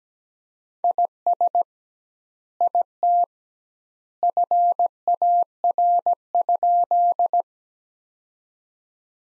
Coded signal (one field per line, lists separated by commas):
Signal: Morse code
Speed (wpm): 17 wpm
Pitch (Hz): 700 Hz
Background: none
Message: IS IT FAR?